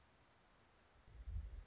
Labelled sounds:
Anna's Hummingbird (Calypte anna)

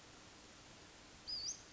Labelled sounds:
Western Flycatcher (Empidonax difficilis)

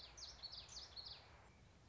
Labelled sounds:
Common Yellowthroat (Geothlypis trichas)

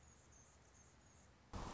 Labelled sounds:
Anna's Hummingbird (Calypte anna)

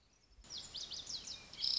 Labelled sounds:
Lazuli Bunting (Passerina amoena)

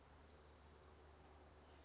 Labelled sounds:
California Towhee (Melozone crissalis)

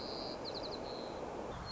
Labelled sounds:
White-crowned Sparrow (Zonotrichia leucophrys)

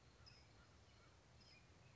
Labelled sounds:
California Towhee (Melozone crissalis)

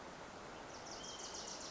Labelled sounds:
Wilson's Warbler (Cardellina pusilla)

